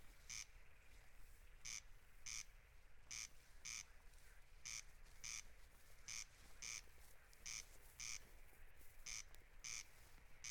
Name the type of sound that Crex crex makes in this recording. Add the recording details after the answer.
song. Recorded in the wild. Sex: male. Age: adult. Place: Schwedt/Oder, Nationalpark Unteres Odertal, Brandenburg, DE. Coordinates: 53.04, 14.2932. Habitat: meadow. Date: 2021-06-10 23:27. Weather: 15°C, 80% humidity, almost windless. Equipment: NTi XL2 Audio and Acoustic Analyzer, XL2 / M2230. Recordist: Frommolt, Karl-Heinz